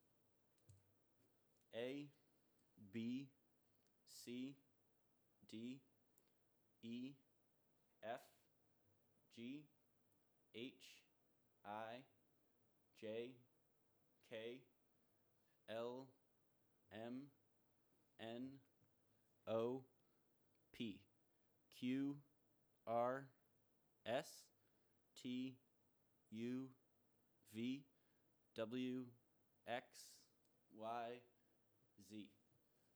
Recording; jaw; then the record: letters of the alphabet, spoken; free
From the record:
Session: first day, before the bite bar